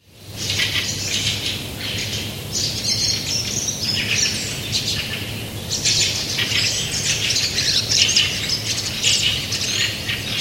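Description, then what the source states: Fieldfares chattering harshly, a busy overlapping flock of rasping calls throughout, over a constant low hum. A fieldfare colony.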